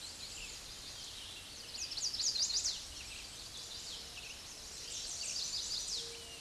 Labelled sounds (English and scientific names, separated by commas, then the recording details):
Chestnut-sided Warbler (Setophaga pensylvanica) song
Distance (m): 15 m
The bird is about 10 m above the microphone
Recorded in a Pennsylvania forest on 16 May 2024 at 06:28
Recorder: AudioMoth, point MSD-0383
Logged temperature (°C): 15.3 °C
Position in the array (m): 97 m, 199 m